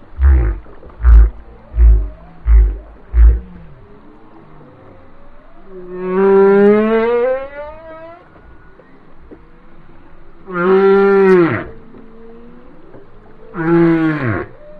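Whale song: five quick low knocking pulses, then a long rising wail and two shorter falling harmonic cries.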